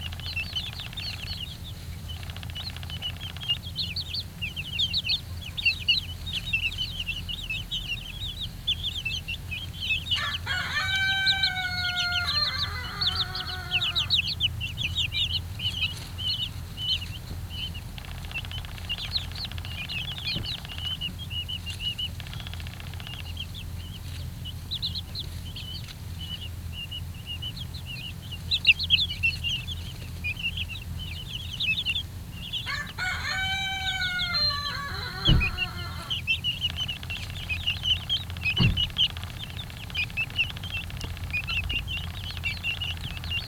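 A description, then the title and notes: Silky chicks cheep in short descending bursts around ten and thirty-three seconds over a steady low hum and constant high insect-like hiss. Silky Chicks enjoying newly opened space that was inaccessible because when covered by the lower branches of bushes, and by big weeds. Silky Chicks enjoying newly cleared land.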